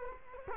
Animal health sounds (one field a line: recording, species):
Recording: mosquito wingbeat signal from an infrared sensor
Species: Culex quinquefasciatus